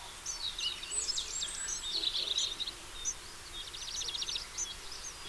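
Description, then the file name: House sparrow chirping calls, a few bursts of chirps followed by a quick stuttering run of notes, then scattered single chirps. "Passer domesticus"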